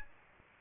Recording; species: mosquito wingbeat signal from an infrared sensor; Aedes aegypti